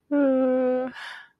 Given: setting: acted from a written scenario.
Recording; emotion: vocal sound without words; guilt